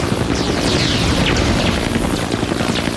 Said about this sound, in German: Helikopter über Reservat bedeutet Gefahr. Ganz besonders, wenn er in unsere Richtung fliegt und seinen Suchscheinwerfer eingeschaltet hat.